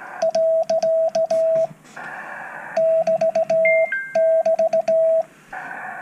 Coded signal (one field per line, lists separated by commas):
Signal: Morse code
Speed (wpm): 16 wpm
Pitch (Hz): 650 Hz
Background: radio noise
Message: . <BT><BT>